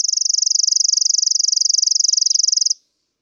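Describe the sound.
Chipping sparrow song: a dry, rapid, even trill of high chip notes lasting nearly three seconds, then silence.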